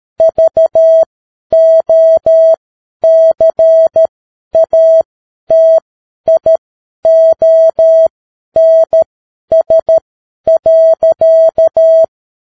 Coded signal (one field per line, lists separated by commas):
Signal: Morse code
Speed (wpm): 13 wpm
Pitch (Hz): 650 Hz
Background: none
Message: VOCATIONS.